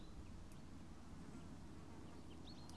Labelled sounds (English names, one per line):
Common Chaffinch